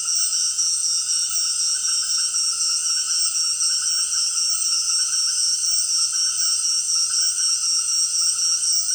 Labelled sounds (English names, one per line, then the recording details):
none
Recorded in secondary vegetation near Puerto Asís, Putumayo, Colombia, on 25 June 2025 at 18:30
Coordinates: 0.485, -76.322
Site GP06